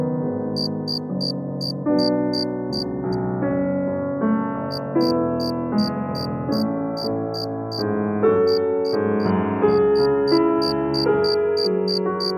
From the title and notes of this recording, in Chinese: 钢琴、蟋蟀交织的梦幻旋律。柔和的钢琴曲线，与夏夜的蟋蟀合奏，为您勾勒出一幅宁静而宜人的田园画卷。